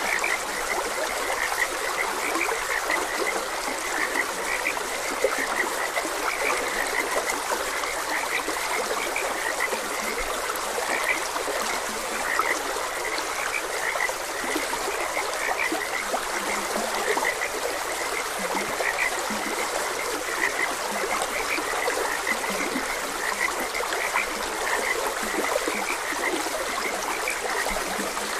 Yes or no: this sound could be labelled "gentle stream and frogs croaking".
yes